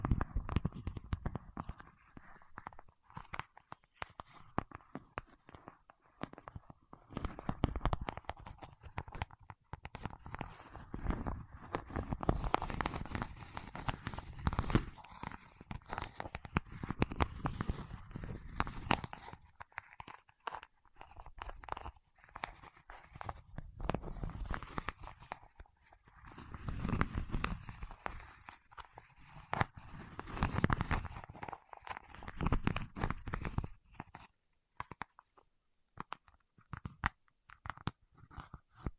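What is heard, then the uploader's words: Fingertips press and work at wax, making a dense run of crunchy, sticky crackles and clicks that fire irregularly and quickly. The sound is busiest and loudest around 8–20 and 26–33 seconds, thinning into sparser ticks in between and toward the end. ASMR with Wax Fingertips for Sleep (No Talking).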